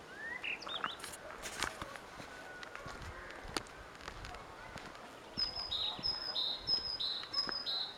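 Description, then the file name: Great tit song: after scattered clicks and faint calls, a steady run of see-saw two-note phrases repeated about four times toward the end. "Parus major"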